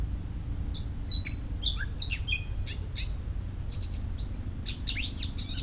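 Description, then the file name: Eurasian blackcap song, a rich, fast warble of twisting notes, pausing briefly near three seconds before a second scratchy, chattering burst, with low background rumble. "Sylvia atricapilla"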